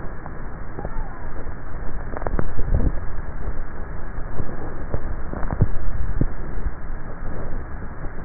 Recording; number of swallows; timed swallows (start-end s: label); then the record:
swallowing sounds by neck microphone; 2
2.32-3.45 s: swallow
5.68-6.68 s: swallow
From the record:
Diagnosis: dysphagia